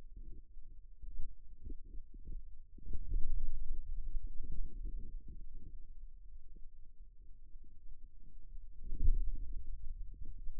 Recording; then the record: forearm muscle sounds (acoustic myography)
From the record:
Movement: pen grasping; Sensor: system 2, bracelet of six BSWA MPA416 microphones around the upper forearm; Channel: 5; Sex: male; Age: 22 years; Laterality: right